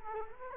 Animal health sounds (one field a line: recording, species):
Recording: mosquito wingbeat signal from an infrared sensor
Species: Culex quinquefasciatus